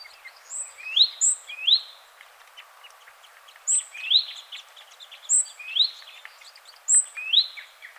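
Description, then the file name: Great tit calls: short two-note phrases, a thin high note followed by a lower note, given singly or in pairs with pauses of a second or more between. "Parus major"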